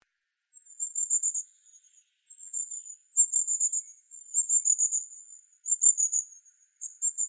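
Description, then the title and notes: Long-tailed tit calling: very high, thin, buzzy trills strung into long continuous runs with brief pauses, on an otherwise silent background. "La Mésange à longue queue (Aegithalos caudatus) first appeared on Les Mésanges"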